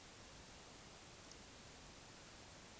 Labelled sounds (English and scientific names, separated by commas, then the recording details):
Eurasian Woodcock (Scolopax rusticola) whistle
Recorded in Baden-Württemberg, Germany, on 20 May 2021 at 19:53 UTC
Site 24606, 635 m above sea level